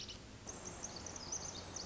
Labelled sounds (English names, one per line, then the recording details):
Pacific Wren
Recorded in Sonoma County, California